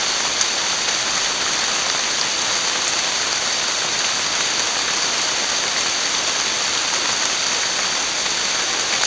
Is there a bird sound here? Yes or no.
no